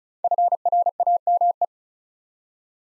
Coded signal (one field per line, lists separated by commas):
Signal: Morse code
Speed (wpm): 36 wpm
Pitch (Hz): 700 Hz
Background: none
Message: FRAME